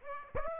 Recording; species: mosquito wingbeat signal from an infrared sensor; Aedes aegypti